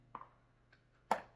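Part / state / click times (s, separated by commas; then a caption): mixing paddle into dual stand mixer head / seated / 0.1 s, 1.1 s. A removable plastic mixing paddle, just wiped clean, is pushed back into the head of a RESINERS dual stand mixer. It pops back into place with a sharp hit at 0.1 s and a louder snap at 1.1 s, and it is seated.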